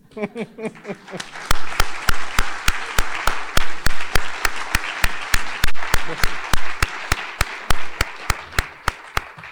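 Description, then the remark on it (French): A voice briefly at the start, then loud audience applause at a talk, before the speakers begin, swells and continues, with a steady rhythmic beat of unison claps running through the dense clapping until the end. “C'est agréable d'avoir constaté que vous avez déjà deux fois applaudi avant que nous ne parlions.”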